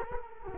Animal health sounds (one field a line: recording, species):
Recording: mosquito wingbeat signal from an infrared sensor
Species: Culex quinquefasciatus